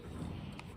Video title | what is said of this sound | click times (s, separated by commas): What You Need to Know - EZARC Titanium Semi Circle Oscillating Blades | and release, and it'll click into place. | 0.6 s